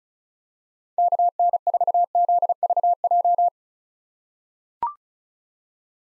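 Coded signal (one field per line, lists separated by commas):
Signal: Morse code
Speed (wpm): 36 wpm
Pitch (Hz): 700 Hz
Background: none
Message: KN4ZVJ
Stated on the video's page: Morse code practice at 35 wpm of common POTA hunter call signs for head-copy, each sent, then spoken, then sent again.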